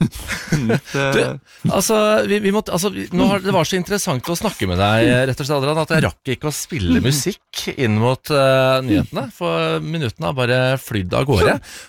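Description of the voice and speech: A man speaks fluent, clear Norwegian at an easy conversational pace, warmly closing an interview; ordinary speech.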